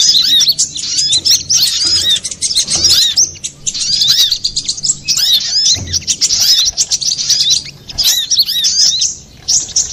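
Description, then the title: Little spiderhunter song as busy high twittering, rapid chip notes and arched slurred notes pouring out almost without a break, faint low knocks in the background. Masteran song of Sogok Ontong (little spiderhunter), labelled Labaik, for training cage birds. "Masteran Burung Sogok Ontong Labaik"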